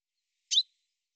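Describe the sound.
Bird call: a single short, high chirp with a brief trailing tail, against silence.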